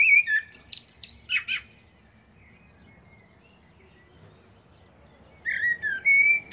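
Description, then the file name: Common blackbird song: a whistled warble with scratchy high notes, silence, then a fresh fluted phrase ending on a clear sustained whistle. "Turdus merula"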